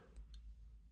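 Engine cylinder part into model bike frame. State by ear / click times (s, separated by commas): seated / 0.3 s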